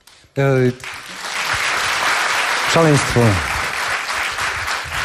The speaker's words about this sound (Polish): mam takie oddziaływanie, że od razu bije brawo.